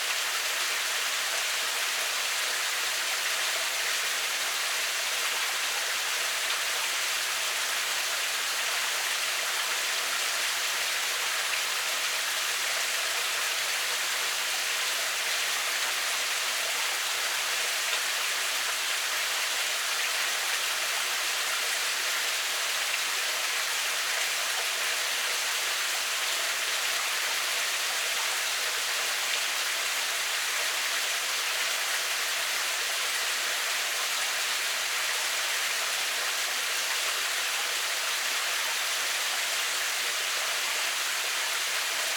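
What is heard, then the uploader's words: A stream runs through a cave in a steady, dense rush of water that hardly changes over the whole span. The sound is bright and hissing, with little low rumble, and stays even throughout, without distinct splashes or other noises. Stream Running Through the Cave.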